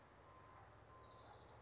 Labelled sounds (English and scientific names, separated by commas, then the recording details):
Orange-crowned Warbler (Leiothlypis celata)
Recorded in Sonoma County, California